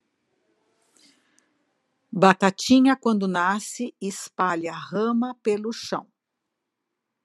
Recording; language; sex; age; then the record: short text; Brazilian Portuguese; female; 60 to 69 years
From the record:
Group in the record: control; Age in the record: 61 years